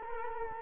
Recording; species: mosquito wingbeat signal from an infrared sensor; Culex quinquefasciatus